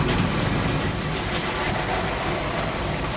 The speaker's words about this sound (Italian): Quello che sentite in sottofondo ovviamente è un treno,